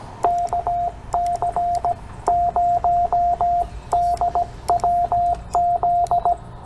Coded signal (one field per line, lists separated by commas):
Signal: Morse code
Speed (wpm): 17 wpm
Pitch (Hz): 700 Hz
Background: radio noise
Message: KC0DWZ